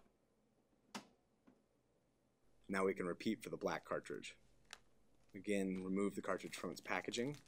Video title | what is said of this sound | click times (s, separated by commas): Unboxing and Setting Up the HP Deskjet 1510 All-in-One Printer - HP | Push the cartridge in until it snaps into place. | 1.0 s